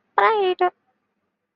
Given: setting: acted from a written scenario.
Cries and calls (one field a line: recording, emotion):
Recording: vocal sound without words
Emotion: pride